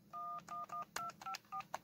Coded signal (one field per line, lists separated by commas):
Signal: DTMF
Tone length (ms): 100 ms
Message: 111254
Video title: Controlling old phones: tinkering video